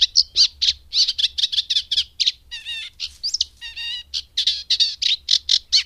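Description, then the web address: Eurasian reed warbler singing varied grating chatter, with a buzzy trilled phrase midway and quick sweeping notes toward the end. "Madardalok Cd 3 Cserregő nádiposzáta"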